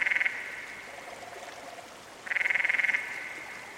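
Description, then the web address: Canyon frog calling with loud, buzzy pulsed trills, one brief at the start and another lasting under a second, with a soft lower-pitched rattling trill in between. "Dan Gibson's Solitudes Frog Song. Canyon Frog"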